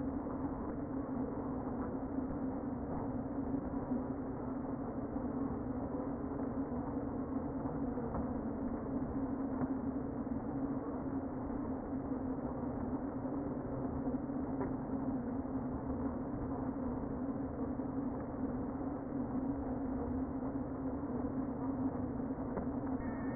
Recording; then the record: honeybee colony, microphone inside the hive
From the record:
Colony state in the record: queen present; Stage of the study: before two queens were removed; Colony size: about 60,000 bees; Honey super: yes